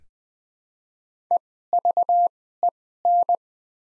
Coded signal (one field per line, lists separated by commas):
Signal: Morse code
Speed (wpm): 20 wpm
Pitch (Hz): 700 Hz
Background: none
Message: EVEN